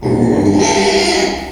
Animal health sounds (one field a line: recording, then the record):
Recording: squeal of a Yucatan mini pig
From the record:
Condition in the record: after surgery on the right vocal fold (resection and tissue-engineered implant)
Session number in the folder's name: 2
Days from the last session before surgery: 13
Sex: male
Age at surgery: 12 weeks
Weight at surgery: 13 kg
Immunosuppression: cyclosporine, prednisolone